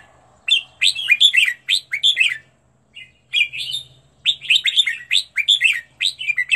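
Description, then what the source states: Red-whiskered bulbul song of cheerful, tumbling whistled notes in bursts separated by short silences. Made for training bulbuls to sing, presenting 15 standard song styles.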